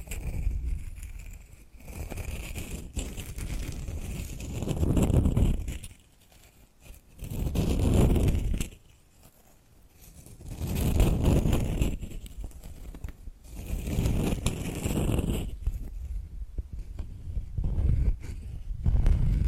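Tapping and scratching sounds come in uneven bursts, with dense, rumbling scratching swelling up around 4, 8, 11 and 15 seconds and fading between. Short sharp taps punctuate the quieter stretches, and a faint steady bright tone hangs in the background throughout.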